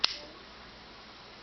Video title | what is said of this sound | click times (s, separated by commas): Rock Exotica ORCA Pirate Carabiner | and it locks open | 0.0 s